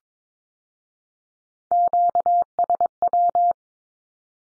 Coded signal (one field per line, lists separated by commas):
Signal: Morse code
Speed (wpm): 22 wpm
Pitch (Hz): 700 Hz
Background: none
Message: QSW